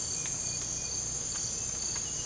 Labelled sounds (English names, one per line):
none